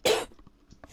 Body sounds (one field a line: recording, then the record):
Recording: coughing mixed with background sound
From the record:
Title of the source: 61 morning phlegmy cough...again